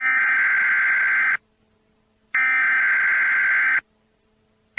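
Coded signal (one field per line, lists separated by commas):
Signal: Emergency Alert System (SAME) tones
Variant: header bursts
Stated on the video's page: Fake EAS alarm made as an April Fools prank.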